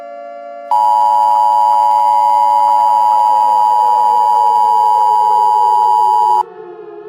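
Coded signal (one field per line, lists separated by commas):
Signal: Emergency Alert System (SAME) tones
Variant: 853 and 960 Hz attention tone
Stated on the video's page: Tones in a fictional story, described as possibly valid SAME tones.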